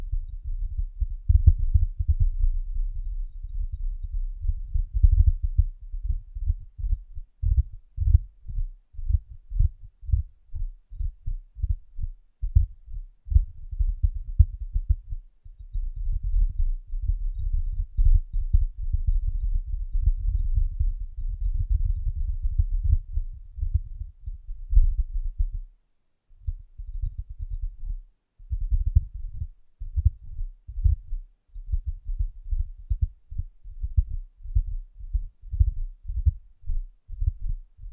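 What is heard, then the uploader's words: Tapping on a glass brain, heard as soft, muffled, low thuds in quick, uneven runs that continue almost without pause. The taps briefly stop twice, around 26 and 28 seconds, and faint tiny ticks sit high above throughout. ASMR Glass Brain Tapping & Cleaning (No Talking).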